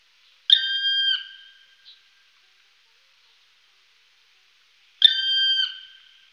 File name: black woodpecker